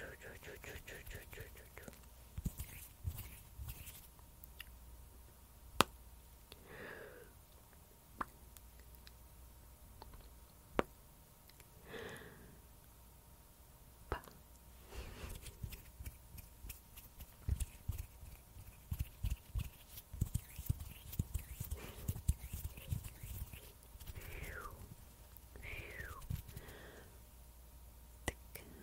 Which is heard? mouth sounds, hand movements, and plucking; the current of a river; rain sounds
mouth sounds, hand movements, and plucking